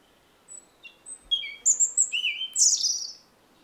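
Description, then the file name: European robin song: spaced high notes, then falling whistles, a lower drawn-out whistle and a final burst of scratchy twittering. "Erithacus rubecula"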